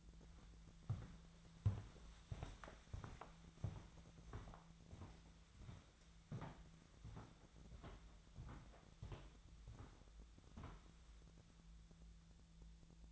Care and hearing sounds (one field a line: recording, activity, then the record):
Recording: daily activity, microphone in the room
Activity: walk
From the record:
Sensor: 3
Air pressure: 1008.3 hPa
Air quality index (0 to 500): 192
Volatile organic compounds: 14 ppm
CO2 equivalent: 2470 ppm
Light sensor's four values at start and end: 17/41/17/18 and 17/40/17/18